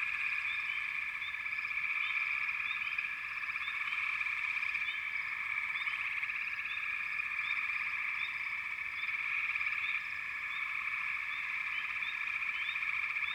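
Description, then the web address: Chorusing frogs give an unbroken shrill trill, layered with frequent brief rising chirps that overlap one another. Frog chorus in the American wilds. "Dan Gibson Echoes of Nature. American Wilds. Frog Chorus"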